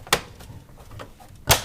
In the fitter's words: and once you hear those clicks that are in